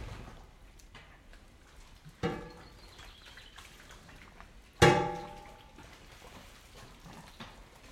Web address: three animals pigs in wet mud feeding drinking slow activity internal shed